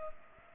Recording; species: mosquito wingbeat signal from an infrared sensor; Culex pipiens